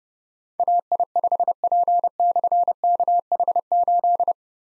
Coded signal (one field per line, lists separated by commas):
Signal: Morse code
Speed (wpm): 30 wpm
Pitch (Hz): 700 Hz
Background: none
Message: AI5P/KH8